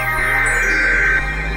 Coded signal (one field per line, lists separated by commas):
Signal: Emergency Alert System (SAME) tones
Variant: header bursts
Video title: DURING SONOMA... EAS Alerts from 6/6/21 (EAS #5,788 - 5,790)